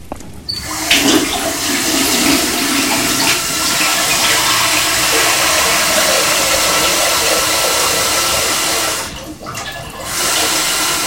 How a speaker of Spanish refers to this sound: La señora Carmen llena una palangana con agua caliente y le pide a Rosaura, la otra empleada de la casa, llevársela al prisionero.